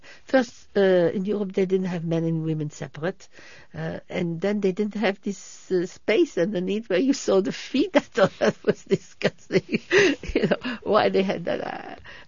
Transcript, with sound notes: First, in Europe they didn't have men and women separate, and then they didn't have this space underneath where you saw the feet. ( she laughs ) I thought that was disgusting, you know. Why they had that